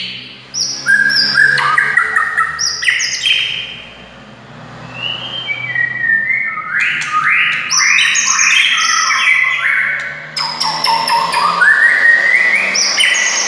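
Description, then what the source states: White-rumped shama song: rich, varied melodious phrases of slurred whistles and quick chirps, with a brief lull partway through. Wild forest bird.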